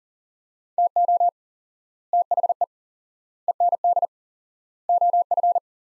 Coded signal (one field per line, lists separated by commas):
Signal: Morse code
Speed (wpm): 37 wpm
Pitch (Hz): 700 Hz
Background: none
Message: TO THE END OF